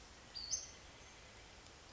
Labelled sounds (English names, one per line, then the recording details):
Western Flycatcher
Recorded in Sonoma County, California